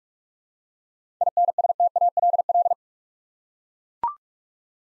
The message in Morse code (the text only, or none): INSTALL